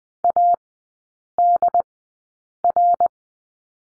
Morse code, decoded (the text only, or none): ADR